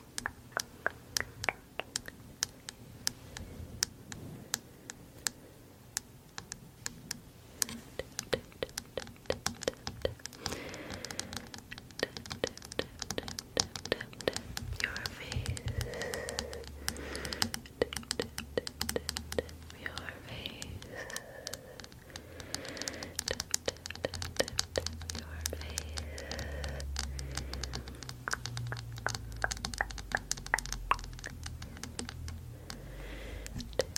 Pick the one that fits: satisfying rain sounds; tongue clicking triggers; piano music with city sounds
tongue clicking triggers